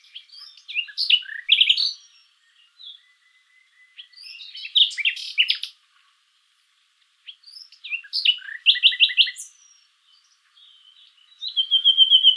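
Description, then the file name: Common nightingale song in varied bursts of sharp chattering notes separated by pauses, ending with a fast pulsed note. "Luscinia megarhynchos"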